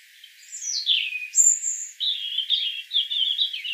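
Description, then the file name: European robin song: a thin whistle glides steeply downward, then a piercing high note, followed by a long, quick, rippling warble. "Erithacus rubecula"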